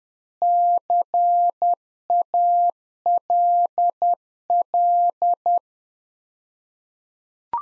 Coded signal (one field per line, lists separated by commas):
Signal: Morse code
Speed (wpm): 10 wpm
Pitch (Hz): 700 Hz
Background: none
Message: CALL